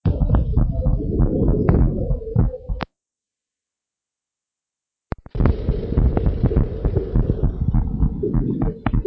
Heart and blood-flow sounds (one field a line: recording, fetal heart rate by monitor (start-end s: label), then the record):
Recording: heart sounds of a pregnant woman by stethoscope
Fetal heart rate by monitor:
no fetal heartbeat
From the record:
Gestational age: 37 weeks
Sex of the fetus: girl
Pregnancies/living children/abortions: 1/0/0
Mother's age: 42 years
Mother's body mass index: 28.9